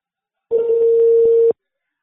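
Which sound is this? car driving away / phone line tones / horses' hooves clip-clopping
phone line tones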